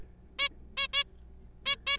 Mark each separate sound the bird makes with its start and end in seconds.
0.39-0.48, 0.77-0.87, 0.93-1.04, 1.66-1.76, 1.87-1.97